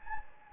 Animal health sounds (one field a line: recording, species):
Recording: mosquito wingbeat signal from an infrared sensor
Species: Anopheles gambiae